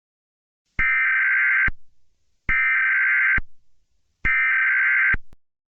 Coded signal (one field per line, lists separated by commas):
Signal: Emergency Alert System (SAME) tones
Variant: header bursts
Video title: Kanal+ Broadcasting Exacable EAS Alert System (TVCW) (August 19th 2017) (The 2017 Kanal+ EAS Era)